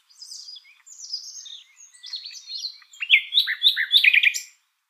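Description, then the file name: Common nightingale song: a varied phrase of thin high whistles and short notes, building into loud rapid chattering trills near the end, then stopping. "Luscinia megarhynchos"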